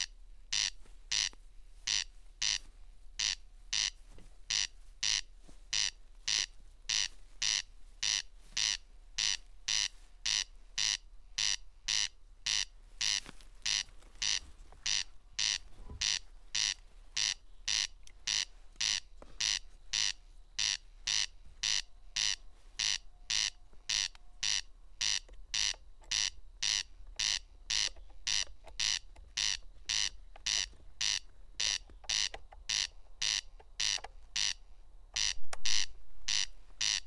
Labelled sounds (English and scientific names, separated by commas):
Corn Crake (Crex crex) song